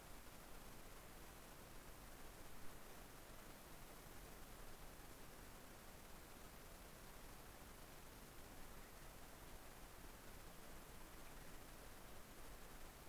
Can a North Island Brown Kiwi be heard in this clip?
no